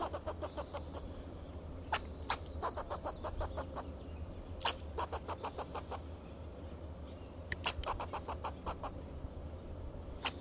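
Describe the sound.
Fox squirrel chattering in rapid runs of dry, clucking pulses, with sharp louder clicks between them. Small birds chirp high above, over a steady low hum.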